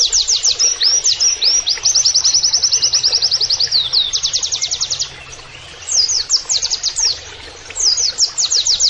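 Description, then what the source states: White-eye song of long, fast runs of high, downslurred notes, then shorter bursts after a pause. Persistently singing (gacor) white-eye (pleci) with canary-like phrases (nembak kenarian), used as masteran training audio.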